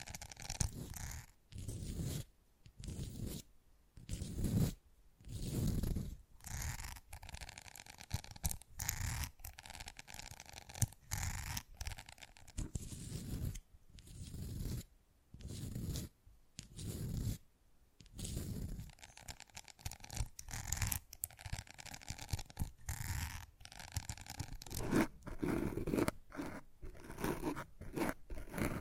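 Fast-changing ASMR triggers: quick zipping, scraping and crunchy rustles in short bursts, broken by frequent brief silences, with a faint tone recurring.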